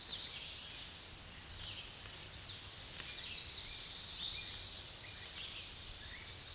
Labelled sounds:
Tennessee Warbler (Leiothlypis peregrina) song
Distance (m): 40 m
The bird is about 5 m below the microphone
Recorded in a Pennsylvania forest on 16 May 2024 at 06:34
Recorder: AudioMoth, point MSD-0263
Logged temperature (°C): 16.0 °C
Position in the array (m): 69 m, 175 m

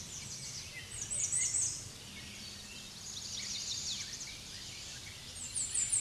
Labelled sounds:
American Redstart (Setophaga ruticilla) song
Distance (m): 25 m
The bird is about 15 m above the microphone
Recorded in a Pennsylvania forest on 16 May 2024 at 07:00
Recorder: AudioMoth, point MSD-0019
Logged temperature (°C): 16.7 °C
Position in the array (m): 50 m, 231 m

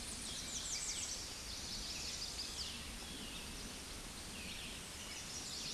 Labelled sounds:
American Redstart (Setophaga ruticilla) song
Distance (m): 45 m
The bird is about 20 m above the microphone
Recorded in a Pennsylvania forest on 16 May 2024 at 09:57
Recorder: AudioMoth, point MSD-0827
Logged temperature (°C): 12.1 °C
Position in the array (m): 105 m, 237 m

